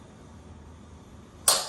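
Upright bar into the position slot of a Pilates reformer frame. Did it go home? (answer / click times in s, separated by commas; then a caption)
yes / 1.5 s. An upright bar is lowered into the fourth position slot on a Pilates reformer frame after briefly going too far. It locks into place with a sharp click at 1.5 s, following a quiet low hum. The bar is seated and locked.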